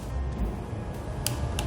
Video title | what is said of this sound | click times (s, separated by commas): 올바른 연마석 사용법 (feat. 토크렌치 사용법) | Look carefully You will hear a click | 1.3 s, 1.6 s